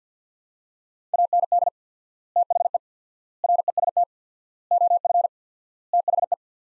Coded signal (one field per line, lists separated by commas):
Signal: Morse code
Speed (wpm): 45 wpm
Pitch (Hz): 700 Hz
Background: none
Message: AND THE REST OF THE